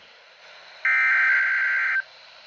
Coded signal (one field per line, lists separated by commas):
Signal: Emergency Alert System (SAME) tones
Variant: header bursts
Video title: NOAA Weather Radio: Required Weekly Test on WWG21 (EAS #29)